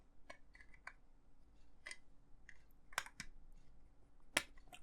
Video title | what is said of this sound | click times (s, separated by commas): Agora Models Build the 1961 E-Type Jaguar 1:8 Scale - Pack 2 - Stages 8-15 | we dit op zijn plaats klikken, dus wees niet bang om te duwen, maar zoals je kunt zien, is | 4.4 s